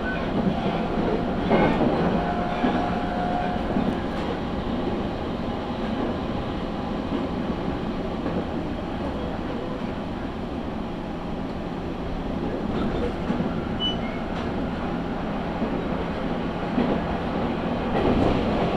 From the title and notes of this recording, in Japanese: 東海道本線 浜松→豊橋。6:20発の豊橋行きに乗車して。多少は通勤通学ラッシュにも入りこみます。